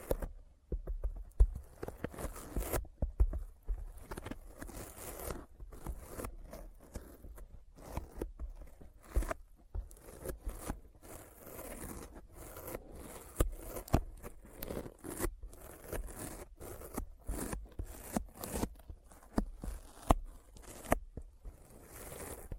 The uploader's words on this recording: ASMR Intense Sticky Finger Sounds (No Talking).